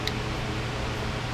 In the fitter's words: and it slides in and snaps in place.